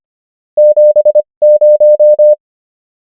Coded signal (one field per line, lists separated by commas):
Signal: Morse code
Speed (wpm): 25 wpm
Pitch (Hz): 600 Hz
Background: none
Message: 7 0